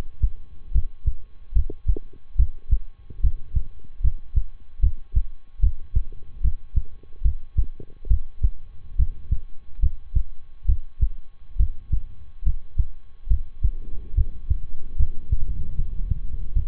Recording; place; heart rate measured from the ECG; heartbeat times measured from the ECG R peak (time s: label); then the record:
heart sounds by stethoscope; between the tricuspid and mitral areas; 72 bpm
0.71 s: heartbeat
1.52 s: heartbeat
2.35 s: heartbeat
3.20 s: heartbeat
4.00 s: heartbeat
4.79 s: heartbeat
5.59 s: heartbeat
6.40 s: heartbeat
7.21 s: heartbeat
8.07 s: heartbeat
8.95 s: heartbeat
9.79 s: heartbeat
10.65 s: heartbeat
11.56 s: heartbeat
12.42 s: heartbeat
13.27 s: heartbeat
14.14 s: heartbeat
14.96 s: heartbeat
15.75 s: heartbeat
16.52 s: heartbeat
From the record:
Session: rest, lying down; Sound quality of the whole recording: good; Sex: male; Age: 23 years